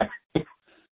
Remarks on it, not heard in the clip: You can hear about my coughing. And then the vagus nerve as well.